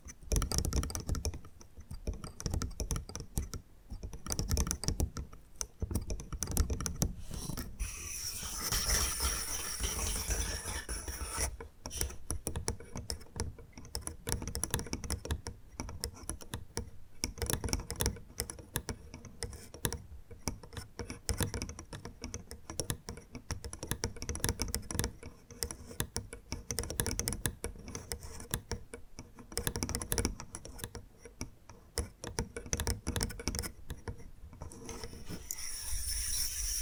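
Bamboo tapped and scratched in quick, dense clicking runs, with a brighter brushing passage around nine seconds and steady rustle throughout.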